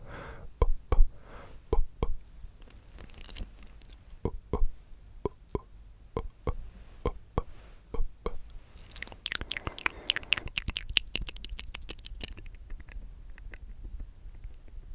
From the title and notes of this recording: ASMR The MOST Tingly MOUTH Sounds.